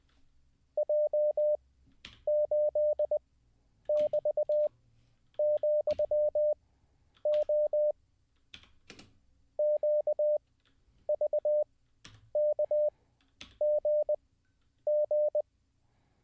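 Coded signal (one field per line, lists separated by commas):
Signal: Morse code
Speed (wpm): 20 wpm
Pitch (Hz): 600 Hz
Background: none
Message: J8<BT>,O QVKGG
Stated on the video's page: Live Morse code learning session.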